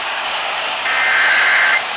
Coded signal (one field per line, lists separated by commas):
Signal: Emergency Alert System (SAME) tones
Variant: header bursts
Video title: St. Nikolaus Day EAS Tests (EAS Tests from 12/6/23) (EAS #1,246-1,256)